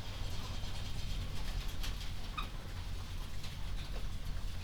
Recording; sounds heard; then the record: poultry house recording; sick chickens (respiratory disease)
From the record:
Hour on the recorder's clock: 21